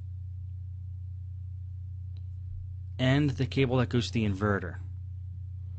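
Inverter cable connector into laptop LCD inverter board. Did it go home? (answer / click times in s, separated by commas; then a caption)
no / none. While working on the screen assembly of a Dell Inspiron 1521 laptop, the LCD inverter cable's small plastic connector is handled near the inverter board at the bottom of the screen. A steady low hum runs throughout, with a faint tick at about 2.2 s, and someone talks from about 3.0 to 4.8 s. Nothing has seated or clicked yet.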